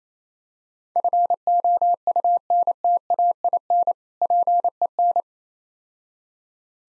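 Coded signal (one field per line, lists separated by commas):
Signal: Morse code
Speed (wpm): 27 wpm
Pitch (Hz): 700 Hz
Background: none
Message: FOUNTAIN PEN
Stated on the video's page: Morse practice set for speed-racing difficult words at 28 wpm, with contextual hints.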